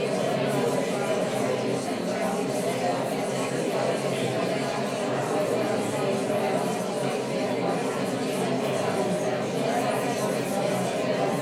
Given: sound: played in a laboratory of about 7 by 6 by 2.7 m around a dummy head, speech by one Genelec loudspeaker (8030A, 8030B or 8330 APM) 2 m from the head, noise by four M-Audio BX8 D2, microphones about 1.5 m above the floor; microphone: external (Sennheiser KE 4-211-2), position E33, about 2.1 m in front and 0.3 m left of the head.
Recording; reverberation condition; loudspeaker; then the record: babble noise; medium; four, about 170 cm from the corners of the room and facing them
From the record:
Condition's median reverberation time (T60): about 510 ms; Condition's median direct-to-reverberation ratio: about -0.5 dB